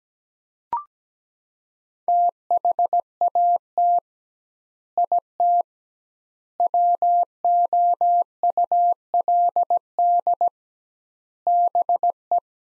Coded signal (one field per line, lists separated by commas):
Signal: Morse code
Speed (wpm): 17 wpm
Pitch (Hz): 700 Hz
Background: none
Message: THAT IT WOULD BE